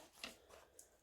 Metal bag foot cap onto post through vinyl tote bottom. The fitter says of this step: and once they've clicked in i'm not worried that they're going to fall off i could pull them off